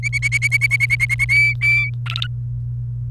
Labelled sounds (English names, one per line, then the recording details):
Domestic Canary song
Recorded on 28 April 2018 at 17:26
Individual llb3